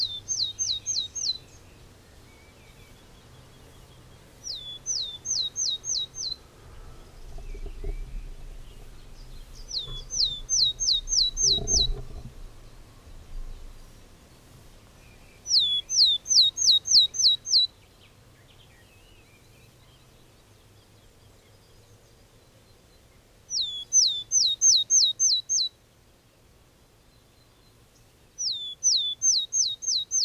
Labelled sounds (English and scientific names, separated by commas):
Willow Tit (Poecile montanus) song